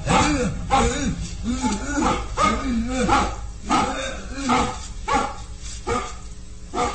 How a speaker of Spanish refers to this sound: Juntos se alejan, perdiéndose entre las sombras. Los ladridos del mastín se van escuchando más lejos hasta que desaparecen.